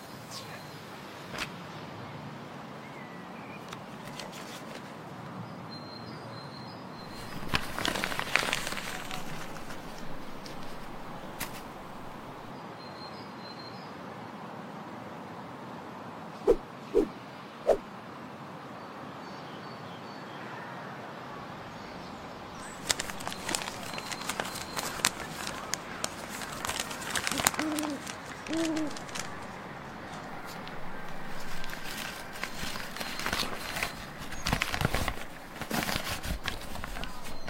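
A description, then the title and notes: A flying broom sweeps past in bright whooshing gusts over a steady hiss, with a few sharp clicks midway and denser rushes later. Flying broom, open book.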